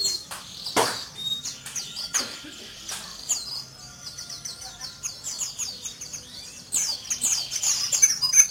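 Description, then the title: White-eye song: rapid high twittering notes in bursts, with sharp knocks and low background noise between phrases. White-eye (pleci) called Mr. Kebo; Malang, East Java. "Pleci Mr. Kebo Malang - Jawa Timur"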